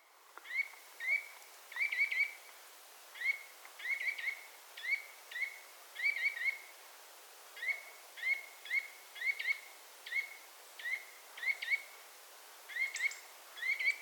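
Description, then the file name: Eurasian nuthatch calling persistently, sharp notes in pairs and triplets repeated throughout, with a quiet hissing background. "Sitta europaea"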